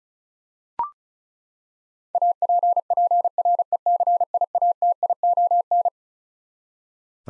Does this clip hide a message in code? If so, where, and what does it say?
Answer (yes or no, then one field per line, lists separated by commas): yes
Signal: Morse code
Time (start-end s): 2.1-5.9 s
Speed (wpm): 36 wpm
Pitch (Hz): 700 Hz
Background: none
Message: APPRECIATION